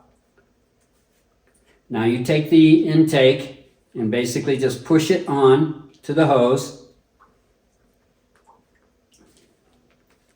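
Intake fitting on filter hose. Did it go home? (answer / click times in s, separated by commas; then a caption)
no / none. Someone talks while pushing and twisting the plastic intake fitting onto the flexible hose of a SICCE Space EKO 320 canister filter. A few small handling taps follow after the speech. Nothing has seated or clicked yet, since the fitting still has to be pushed up onto the connector.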